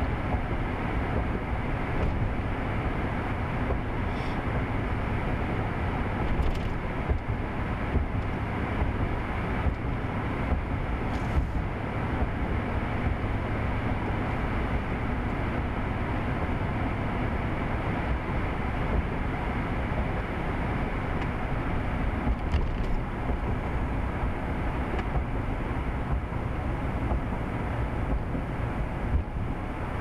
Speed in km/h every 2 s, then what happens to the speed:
76, 76, 77, 76, 76, 76, 77, 77, 77, 76, 71, 69, 64, 63, 61.
0-16 steady at about 76. 16-30 slows to 61.